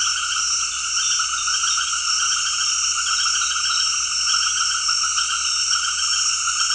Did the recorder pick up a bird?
no